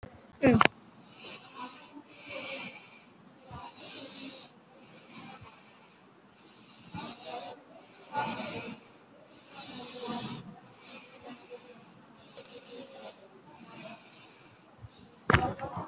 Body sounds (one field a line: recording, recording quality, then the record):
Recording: shallow breathing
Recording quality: excellent, no background noise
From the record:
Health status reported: COVID-19 positive, moderate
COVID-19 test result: positive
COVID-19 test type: RT-PCR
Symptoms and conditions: cough, cold, breathing difficulty, sore throat, fever, fatigue, muscle pain, loss of smell and taste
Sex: male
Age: 32 years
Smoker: no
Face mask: worn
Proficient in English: yes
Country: India